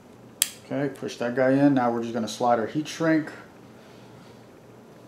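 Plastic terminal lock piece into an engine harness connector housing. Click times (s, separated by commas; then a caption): 0.4 s. A small plastic terminal lock piece is pushed into the housing of a K20A2 engine wiring harness connector during reassembly, after the terminals have been clicked in. A single sharp, loud click at 0.4 s marks the lock piece seating home, and someone talks throughout.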